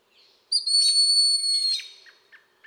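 Blue jay call: a long, steady, high whistled tone with rough overtones, followed by three short soft notes.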